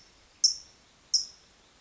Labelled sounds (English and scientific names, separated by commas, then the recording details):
California Towhee (Melozone crissalis)
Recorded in Sonoma County, California